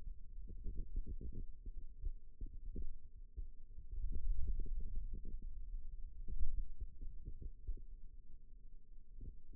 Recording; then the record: forearm muscle sounds (acoustic myography)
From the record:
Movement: ulnar deviation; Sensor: system 2, bracelet of six BSWA MPA416 microphones around the upper forearm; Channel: 3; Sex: male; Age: 22 years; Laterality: right